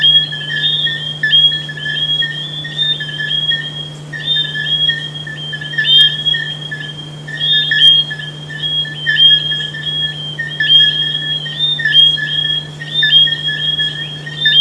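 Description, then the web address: Chorus of frogs giving clipped, ringing notes in uneven overlapping runs, over a constant low droning hum. "humbot audio frogs"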